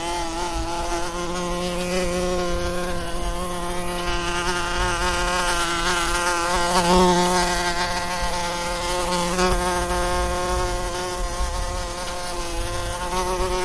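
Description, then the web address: Wasp buzzing continuously, a low droning hum whose pitch wavers and swells slightly as it flies around, peaking in loudness midway. Wasp buzzing around close by, constant buzzing. "Tom Hutchings Wasp Buzzing Around Close Constant"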